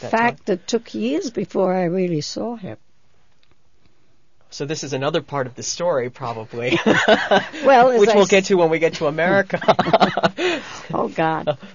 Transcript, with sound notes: In fact, it took years before I really saw him.
So this is another part to the story probably. ( he laughs ) Which we'll get to when we get to America.
Oh, God!